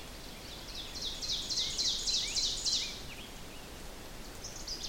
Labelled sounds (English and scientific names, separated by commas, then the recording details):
Ovenbird (Seiurus aurocapilla) song
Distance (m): 45 m
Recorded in boreal forest in Alberta, Canada, on 4 June 2016 at 07:04
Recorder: SongMeter 3, array SBT-3-51
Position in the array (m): 268 m, 118 m
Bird 28